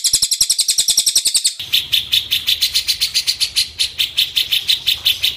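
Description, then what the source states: Bird song: a fast series of sharp high chirps that changes abruptly after 1.5 seconds into a steadier buzzy pulsing trill with low rumble below. Used for training songbirds.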